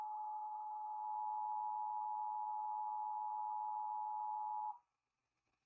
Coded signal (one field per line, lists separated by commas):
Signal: Emergency Alert System (SAME) tones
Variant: 853 and 960 Hz attention tone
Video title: The world plunges into a deep silent night | An EAS Scenario reaction